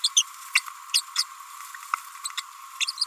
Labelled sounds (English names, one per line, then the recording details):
Green-rumped Parrotlet babbling
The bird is a female
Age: 29 days
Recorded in a nest box in Venezuela
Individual 17B42A4